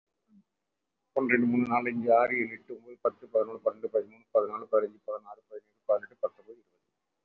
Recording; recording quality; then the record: counting at a fast pace; excellent, no background noise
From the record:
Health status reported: respiratory illness, not identified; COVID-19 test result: negative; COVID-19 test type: RT-PCR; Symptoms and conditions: cough, cold, breathing difficulty, asthma, chronic lung disease, pneumonia, hypertension, diabetes, ischaemic heart disease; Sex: male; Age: 67 years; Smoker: yes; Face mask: worn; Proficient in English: yes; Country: India